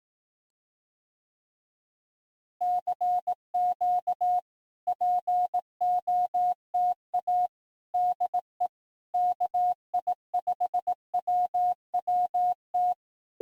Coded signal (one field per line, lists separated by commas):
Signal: Morse code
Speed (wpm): 18 wpm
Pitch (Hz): 720 Hz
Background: music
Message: CQ POTA DE KI5WWT